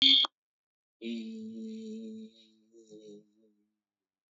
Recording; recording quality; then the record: sustained vowel as in beet; moderate, slight background noise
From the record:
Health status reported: COVID-19 positive, mild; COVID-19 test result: positive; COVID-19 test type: RT-PCR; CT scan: not taken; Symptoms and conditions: cough, cold, fever, fatigue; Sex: male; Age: 26 years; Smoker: no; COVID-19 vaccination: both doses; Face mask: not worn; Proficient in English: yes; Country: India